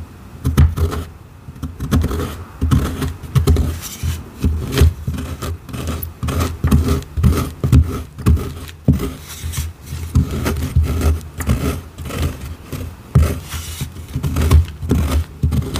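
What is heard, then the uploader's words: Gym chalk is carved and scraped in a dense, nearly unbroken run of short crumbly scrapes and taps, arriving several times a second for the whole stretch. The sound sits mostly low and gritty, with sharper crisp clicks poking through now and then and a steady low hum underneath. ASMR gym chalk carving, scraping sounds.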